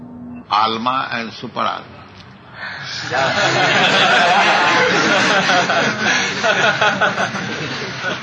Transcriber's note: laughter